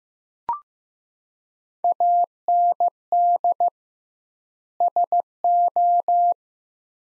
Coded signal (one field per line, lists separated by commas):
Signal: Morse code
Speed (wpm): 15 wpm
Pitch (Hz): 700 Hz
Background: none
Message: AND SO